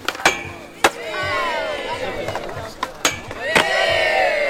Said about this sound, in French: Quand vous slidez ? C'est qu'on glisse sur une partie de la planche, donc ça peut être le milieu de la planche, le nose ou le tail de la planche.